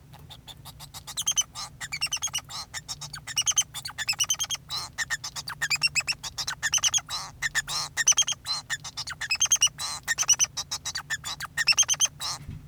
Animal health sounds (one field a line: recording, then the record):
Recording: song of a male Bengalese finch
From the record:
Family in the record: son of father 2